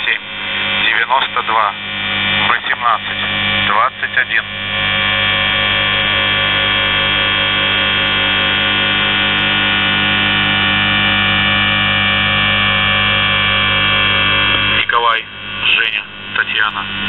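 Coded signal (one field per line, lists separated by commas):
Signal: numbers station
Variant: UVB-76, Russian voice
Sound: brief spoken voice bits, then a long continuous harsh buzz, then voice again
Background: radio static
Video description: "The Buzzer" is a Russian military radiostation that broadcasts on 4625 kHz.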